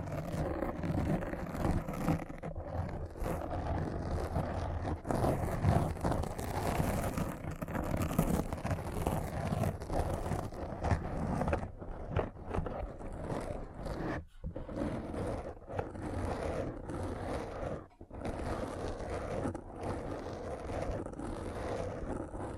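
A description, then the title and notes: A thorough brain scratch: a dense, steady, rough scraping rumble, mostly low and mid, broken by brief sudden gaps near 14 and 18 seconds. ASMR Thorough Brain Scratch to Make You Sleepy (No Talking).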